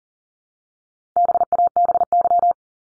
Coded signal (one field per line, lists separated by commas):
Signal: Morse code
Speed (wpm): 40 wpm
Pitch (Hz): 700 Hz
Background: none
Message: BABY